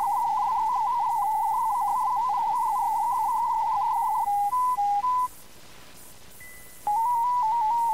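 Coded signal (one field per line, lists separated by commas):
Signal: multi-tone FSK (Olivia or MFSK type)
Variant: Contestia 4/250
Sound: fast warbling tones near 1 kHz, a few held tones, brief silence, warbling resumes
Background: steady faint whistle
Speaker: stay tuned for another test message just like on the Nets over the radio the transmission will begin in kestia 4250 a mode change to mfsk 32 will be sent followed by the test FL message traffic and then another mode change back to contesa once the traffic is sent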